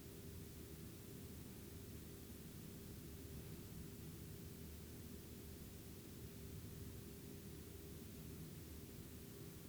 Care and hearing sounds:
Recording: daily activity, guitar pickup as the sensor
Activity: lie down

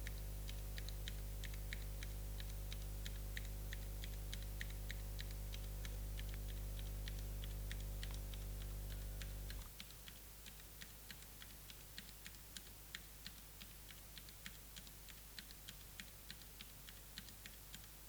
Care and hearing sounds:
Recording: daily activity, guitar pickup as the sensor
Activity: type

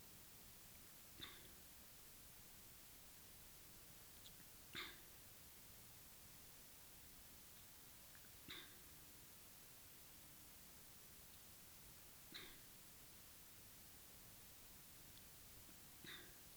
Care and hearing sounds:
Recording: daily activity, guitar pickup as the sensor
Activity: drink water

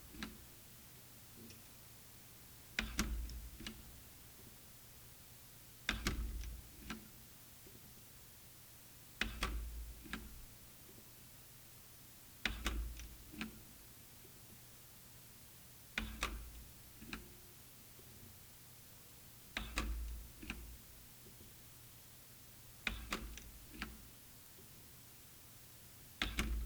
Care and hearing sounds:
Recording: daily activity, guitar pickup as the sensor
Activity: manipulate door

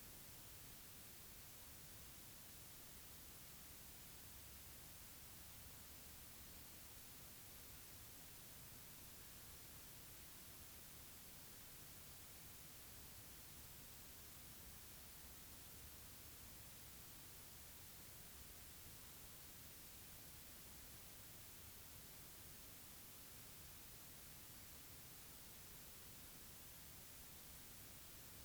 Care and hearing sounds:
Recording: daily activity, guitar pickup as the sensor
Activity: sit

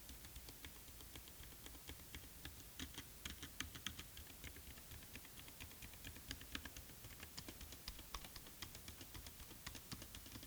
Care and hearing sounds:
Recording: daily activity, guitar pickup as the sensor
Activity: type

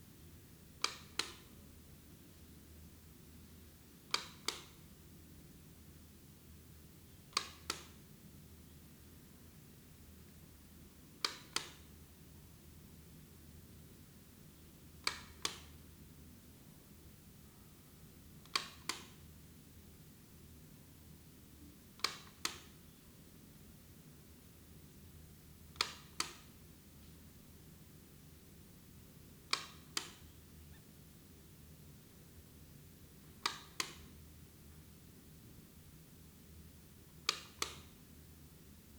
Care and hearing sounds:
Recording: daily activity, guitar pickup as the sensor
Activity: operate light

